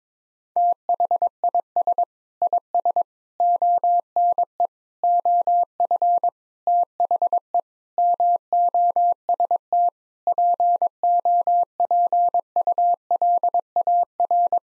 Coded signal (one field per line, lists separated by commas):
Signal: Morse code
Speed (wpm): 22 wpm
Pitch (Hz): 700 Hz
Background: none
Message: THIS IS ONE OF THE MOST POPULAR